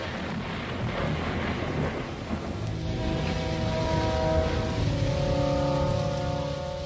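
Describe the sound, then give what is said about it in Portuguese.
Thunder rumbles in a deep, continuous roll for several seconds at a steady loudness, with a faint droning hum rising beneath it in the second half. No voices. “E quando bradou, desferiram os sete trovões as suas próprias vozes.”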